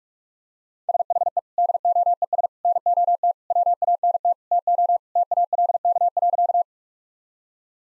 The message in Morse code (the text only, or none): SHE DOES NOT WANT TO TALK.